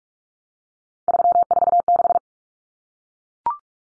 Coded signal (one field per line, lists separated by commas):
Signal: Morse code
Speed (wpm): 44 wpm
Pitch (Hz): 700 Hz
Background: none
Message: 346